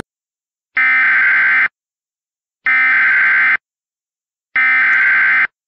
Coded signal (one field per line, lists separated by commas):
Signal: Emergency Alert System (SAME) tones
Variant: header bursts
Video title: *VALID TONES* Hurricane Jerry: Great Lakes Monster - REMASTERED EDITION